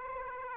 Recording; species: mosquito wingbeat signal from an infrared sensor; Aedes aegypti